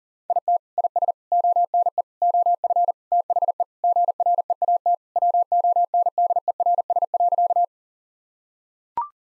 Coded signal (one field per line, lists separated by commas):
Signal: Morse code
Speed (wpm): 40 wpm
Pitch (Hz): 700 Hz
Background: none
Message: IT IS ONE OF THE GREAT WONDERS.